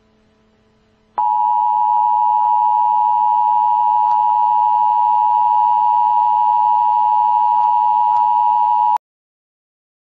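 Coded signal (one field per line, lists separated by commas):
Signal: Emergency Alert System (SAME) tones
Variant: 853 and 960 Hz attention tone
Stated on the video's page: Simulated EAS alert for a contagious disease scenario, possibly a Civil Danger Warning.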